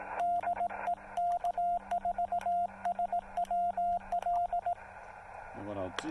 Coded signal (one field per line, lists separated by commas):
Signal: Morse code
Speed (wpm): 18 wpm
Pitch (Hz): 700 Hz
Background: speech, radio noise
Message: DE K4SWL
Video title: SOTA activation of Mount Jefferson with the Yaesu FT-817, CHA MPAS Lite and 2.5 watts